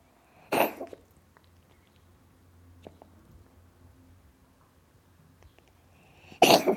BBC Cats Coughing.